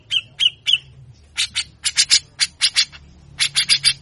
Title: MASTERAN CUCAK JENGGOT GACOR FULL BESETAN KASAR. Cucak Jenggot Gacor Mbeset Ngotot Pancing Emosi Burung Bahan Bagus Untuk MASTERAN